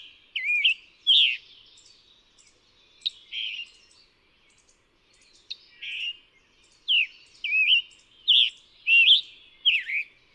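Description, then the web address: Scarlet tanager song of hoarse, burry phrases, a few at first, then a faster run after a pause, with faint high chips and ticks between phrases. Song from North America. "Songs of Birds of North America Know Your Bird Sounds Common Western Species. Scarlet Tanager"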